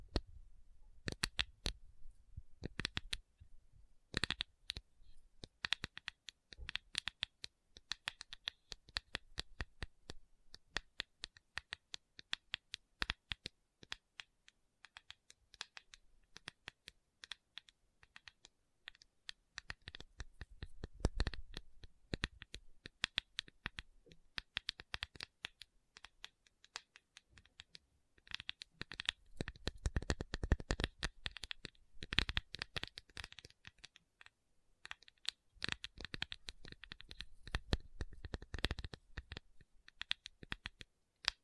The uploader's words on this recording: Tapping Session (No Talking).